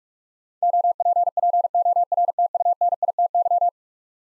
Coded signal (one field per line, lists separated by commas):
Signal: Morse code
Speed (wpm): 41 wpm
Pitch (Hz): 700 Hz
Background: none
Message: OPPORTUNITY